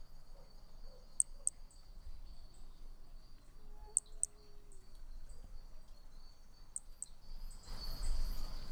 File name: MHNCI B hermogenesi Picinguaba ind 3 ex 4 perdeu uma nota 13 dez 2017 MRB